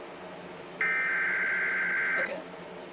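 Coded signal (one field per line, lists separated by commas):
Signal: Emergency Alert System (SAME) tones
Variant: header bursts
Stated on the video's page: Fictional EAS scenario, simulated alert.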